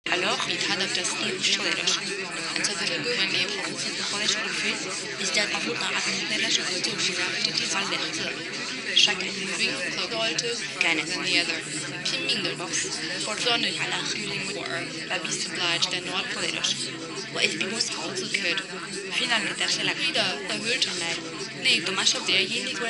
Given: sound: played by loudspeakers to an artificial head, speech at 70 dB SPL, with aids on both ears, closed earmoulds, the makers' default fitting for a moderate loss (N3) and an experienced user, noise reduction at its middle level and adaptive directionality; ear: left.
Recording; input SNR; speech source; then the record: speech test signal (ISTS) in cocktail-party noise; -6 dB; in front (0 degrees)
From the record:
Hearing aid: class 1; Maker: B